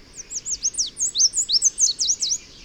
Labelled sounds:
Chestnut-capped Warbler (Basileuterus delattrii) song
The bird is a male
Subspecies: delattrii
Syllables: 13
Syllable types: 10
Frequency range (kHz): 3.3-9.5 kHz
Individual FV-D29-M

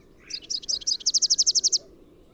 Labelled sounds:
Rufous-capped Warbler (Basileuterus rufifrons) song
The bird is a male
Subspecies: rufifrons
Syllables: 21
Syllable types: 4
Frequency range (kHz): 2.7-6.6 kHz
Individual YA-SON-M

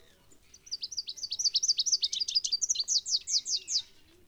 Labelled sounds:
Rufous-capped Warbler (Basileuterus rufifrons) song
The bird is a male
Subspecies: rufifrons
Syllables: 31
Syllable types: 8
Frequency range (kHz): 2.6-8.1 kHz
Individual CS-BOYS-M

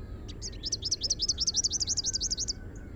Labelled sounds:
Rufous-capped Warbler (Basileuterus rufifrons) song
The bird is a male
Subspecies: rufifrons
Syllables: 25
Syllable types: 5
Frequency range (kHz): 2.0-7.3 kHz
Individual SP-RRBS-M

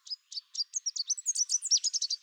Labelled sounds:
Chestnut-capped Warbler (Basileuterus delattrii) song
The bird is a male
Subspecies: delattrii
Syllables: 17
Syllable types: 15
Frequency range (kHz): 3.5-9.5 kHz
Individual CR-SOBB-M

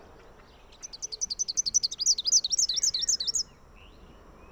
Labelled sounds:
Rufous-capped Warbler (Basileuterus rufifrons) song
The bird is a male
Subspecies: rufifrons
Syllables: 28
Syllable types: 9
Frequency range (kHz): 2.5-8.1 kHz
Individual AR-RSR-M

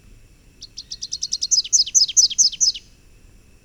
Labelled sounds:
Rufous-capped Warbler (Basileuterus rufifrons) song
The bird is a male
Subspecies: salvini
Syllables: 20
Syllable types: 3
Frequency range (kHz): 2.4-6.6 kHz
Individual TX-NWS-M

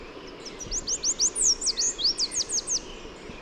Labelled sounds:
Chestnut-capped Warbler (Basileuterus delattrii) song
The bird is a male
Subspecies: delattrii
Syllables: 15
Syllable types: 10
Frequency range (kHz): 3.3-9.6 kHz
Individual MA-RSW-M

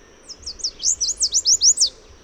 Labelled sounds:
Chestnut-capped Warbler (Basileuterus delattrii) song
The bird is a male
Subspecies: delattrii
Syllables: 10
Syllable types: 8
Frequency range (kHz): 3.0-8.7 kHz
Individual MA-RRS-M

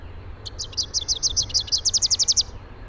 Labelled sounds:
Rufous-capped Warbler (Basileuterus rufifrons) song
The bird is a male
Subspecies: rufifrons
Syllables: 25
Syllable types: 4
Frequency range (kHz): 2.8-6.7 kHz
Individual YA-R15-M

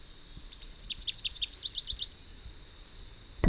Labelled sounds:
Rufous-capped Warbler (Basileuterus rufifrons) song
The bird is a male
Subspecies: rufifrons
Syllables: 23
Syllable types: 6
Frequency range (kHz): 2.5-7.5 kHz
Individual UJ-RYS-M

